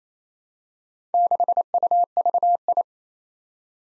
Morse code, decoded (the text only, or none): 6UVI